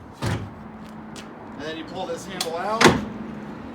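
A fold-out step on the tailgate of a 2018 Ford F-150 Platinum pickup is being handled and pulled down while someone talks, with a couple of short knocks along the way. The step has not latched into place yet; nothing has seated or clicked by the end of the clip.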